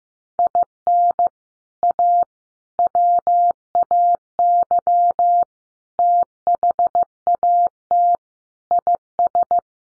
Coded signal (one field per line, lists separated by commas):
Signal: Morse code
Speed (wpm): 15 wpm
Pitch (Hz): 700 Hz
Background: none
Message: IN A WAY THAT IS